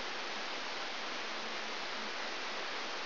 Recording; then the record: brain microelectrode recording played as sound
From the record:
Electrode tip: outside the subthalamic nucleus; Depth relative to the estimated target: -5 mm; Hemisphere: left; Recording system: AlphaMap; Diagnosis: Parkinson's disease